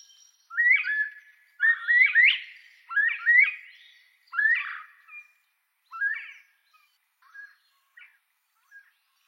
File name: canto da perdiz da virginia